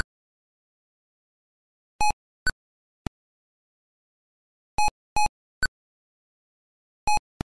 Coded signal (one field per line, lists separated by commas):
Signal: none